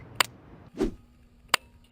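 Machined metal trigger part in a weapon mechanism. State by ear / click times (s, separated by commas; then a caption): not seated / none. A small precision-machined metal trigger part for a military-grade weapon is handled in its mechanism, giving sharp metallic ticks at about 0.2, 1.5 and 1.9 seconds, with a duller thump near 0.8 seconds. The part has not seated or clicked home yet.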